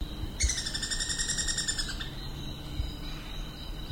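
Sepia-capped flycatcher giving a rapid, buzzy pulsed trill lasting about one and a half seconds, over a steady high insect drone.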